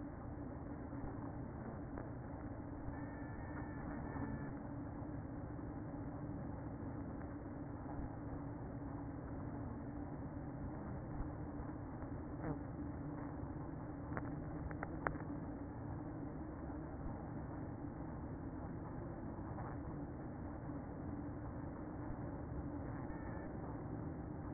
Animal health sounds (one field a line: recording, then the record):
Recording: honeybee colony, microphone inside the hive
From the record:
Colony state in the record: queen present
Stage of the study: after two queens were removed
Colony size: about 60,000 bees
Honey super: yes